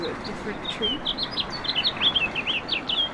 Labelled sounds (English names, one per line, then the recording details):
House Finch song
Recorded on Long Island, New York, on 18 April 2012
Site GC
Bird B